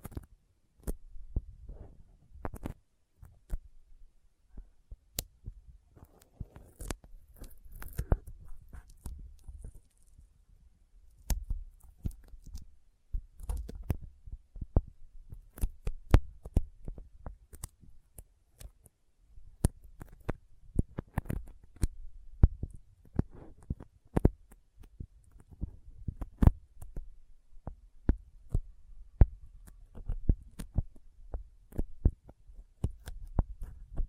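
Sticky fingers pulling and pressing, heard as a steady run of short, sharp clicks and little tacky snaps across the whole stretch. The bursts come irregularly, a few per second, over a soft low thumping that rises and falls underneath.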